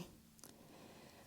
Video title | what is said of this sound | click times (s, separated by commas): Apple Watch SE Unboxing and Setup (40mm Space Gray Aluminum) | not catching. So that might be an issue with mine. | none